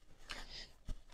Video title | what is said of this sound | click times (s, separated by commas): Comment nettoyer une PS5 (dégâts après un an sans entretien) | faites attention tout est bien mis et vous mettez vers le haut comme ça et ça se clipse nickel pareil | 0.3 s